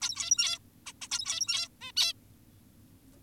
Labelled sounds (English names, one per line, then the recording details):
Zebra Finch
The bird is an adult
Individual g17y2U